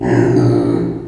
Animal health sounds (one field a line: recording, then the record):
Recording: squeal of a Yucatan mini pig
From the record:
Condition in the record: before surgery on the right vocal fold (resection and tissue-engineered implant)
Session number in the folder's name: 2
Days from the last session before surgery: -15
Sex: female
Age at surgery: 19 weeks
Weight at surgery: 25 kg